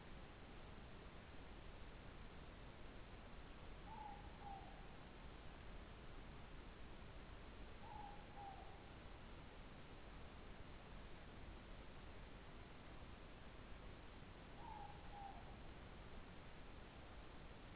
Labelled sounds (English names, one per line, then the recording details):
Morepork more-pork call
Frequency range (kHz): Morepork 0.6-1.1 kHz
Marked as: faintness 2/5
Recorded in New Zealand
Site Taranaki